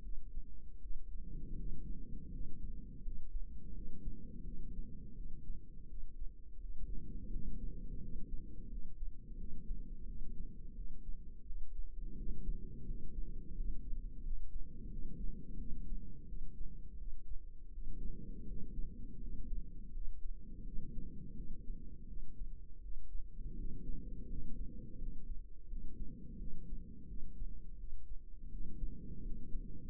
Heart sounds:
heart sounds by microphone in the right ear; 84 bpm
0.78 s: heartbeat
1.54 s: heartbeat
2.29 s: heartbeat
3.01 s: heartbeat
3.71 s: heartbeat
4.42 s: heartbeat
5.13 s: heartbeat
5.86 s: heartbeat
6.57 s: heartbeat
7.29 s: heartbeat
7.98 s: heartbeat
8.67 s: heartbeat
9.35 s: heartbeat
10.04 s: heartbeat
10.73 s: heartbeat
11.43 s: heartbeat
12.14 s: heartbeat
12.84 s: heartbeat
13.53 s: heartbeat
14.21 s: heartbeat
14.88 s: heartbeat
15.55 s: heartbeat
16.24 s: heartbeat
16.95 s: heartbeat
17.70 s: heartbeat
18.44 s: heartbeat
19.18 s: heartbeat
19.90 s: heartbeat
20.62 s: heartbeat
21.33 s: heartbeat
22.05 s: heartbeat
22.79 s: heartbeat
23.54 s: heartbeat
24.26 s: heartbeat
24.97 s: heartbeat
25.66 s: heartbeat
26.36 s: heartbeat
27.05 s: heartbeat
27.75 s: heartbeat
28.48 s: heartbeat
29.20 s: heartbeat
From the record:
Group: healthy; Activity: cold pressor test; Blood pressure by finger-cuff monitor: 120/91 mmHg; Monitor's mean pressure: 102 mmHg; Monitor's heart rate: 84 bpm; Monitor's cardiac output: 5.9 L/min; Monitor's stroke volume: 70 mL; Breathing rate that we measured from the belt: 11 breaths a minute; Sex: female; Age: 32 years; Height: 172 cm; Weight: 71.7 kg

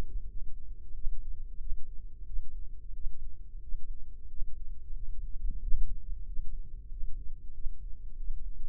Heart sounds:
heart sounds by microphone in the left ear; 91 bpm
0.27 s: heartbeat
0.92 s: heartbeat
1.57 s: heartbeat
2.24 s: heartbeat
2.92 s: heartbeat
3.59 s: heartbeat
4.27 s: heartbeat
4.93 s: heartbeat
5.59 s: heartbeat
6.24 s: heartbeat
6.88 s: heartbeat
7.52 s: heartbeat
8.15 s: heartbeat
From the record:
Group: healthy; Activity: rest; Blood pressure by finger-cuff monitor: 85/54 mmHg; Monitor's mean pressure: 64 mmHg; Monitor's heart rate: 91 bpm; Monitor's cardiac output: 6.6 L/min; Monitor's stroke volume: 73 mL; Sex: male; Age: 22 years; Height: 181 cm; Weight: 60 kg

